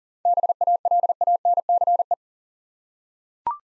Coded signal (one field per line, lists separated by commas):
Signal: Morse code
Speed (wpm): 38 wpm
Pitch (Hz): 700 Hz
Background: none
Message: BALANCE